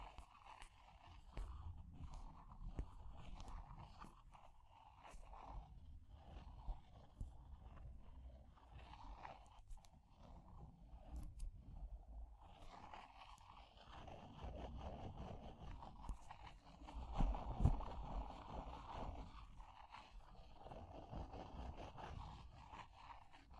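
Fire rumbles and crackles steadily with scattered small pops and scratchy taps, growing fuller after thirteen seconds, with a sharp snap near seventeen.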